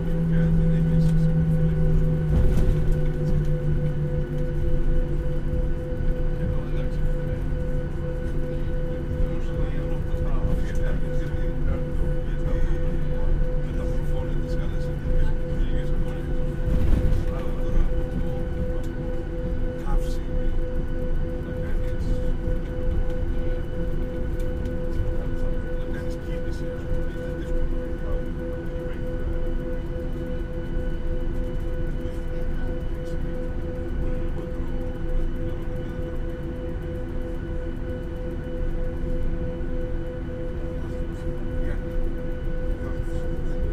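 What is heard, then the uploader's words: Aircraft cabin on a flight to Skiathos: a steady low engine drone with a constant hum, faint speech murmuring underneath, and occasional small knocks. This week features a flight from London Stanstead airport to the Greek island of Skiathos. Binaural.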